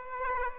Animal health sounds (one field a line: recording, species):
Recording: mosquito wingbeat signal from an infrared sensor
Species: Aedes aegypti